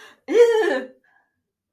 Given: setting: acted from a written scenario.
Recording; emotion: vocal sound without words; negative surprise